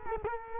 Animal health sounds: mosquito wingbeat signal from an infrared sensor; Culex quinquefasciatus

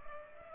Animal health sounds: mosquito wingbeat signal from an infrared sensor; Culex pipiens

